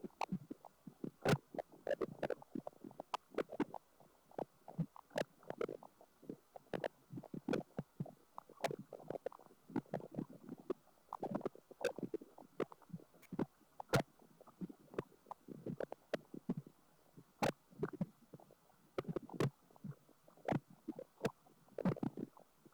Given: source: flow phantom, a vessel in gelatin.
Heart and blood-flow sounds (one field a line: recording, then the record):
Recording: Doppler ultrasound of air bubbles in flowing water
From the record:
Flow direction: away from the transducer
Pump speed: 200 rpm (720 mL/min)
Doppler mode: pulsed wave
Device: 7 MHz transducer